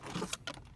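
A wiper blade is pushed onto the wiper arm of a Ford Mondeo, with the blade's square lug lined up with the square hole in the arm. After a brief rustle, sharp clicks sound at 0.3 s and 0.5 s as the blade snaps onto the arm and seats.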